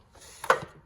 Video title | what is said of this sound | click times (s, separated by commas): Silverado with Cadillac front end - installing front end, shift cable and DBW harness. - Desperado | now my pedal box will go click right into there | 0.4 s, 0.5 s